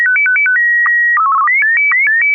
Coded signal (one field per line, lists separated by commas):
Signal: SSTV (slow-scan television)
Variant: Martin 1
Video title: N6NA SSTV Net - 10/21/2020